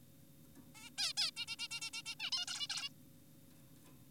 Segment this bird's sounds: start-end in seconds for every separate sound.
0.75-0.90, 0.98-1.13, 1.18-1.31, 1.37-1.46, 1.48-1.56, 1.59-1.68, 1.71-1.81, 1.82-1.90, 1.94-2.02, 2.06-2.15, 2.20-2.30, 2.32-2.46, 2.48-2.68, 2.70-2.90